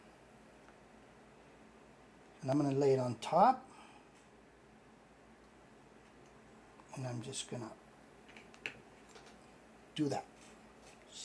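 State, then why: Seated. While tying a Magic Bluegill Bug fly, the fibers are laid on top and a fiber-holding clip on a fly-tying tool is pressed shut over them. Someone talks, then the clip closes with a sharp snap at 8.7 s and is seated.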